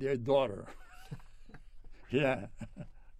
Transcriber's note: laughs